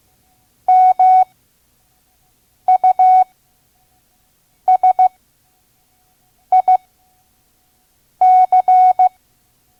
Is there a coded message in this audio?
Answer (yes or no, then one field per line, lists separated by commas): yes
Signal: Morse code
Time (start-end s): 0.7-9.1 s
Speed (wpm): 15 wpm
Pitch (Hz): 740 Hz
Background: none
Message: MUSIC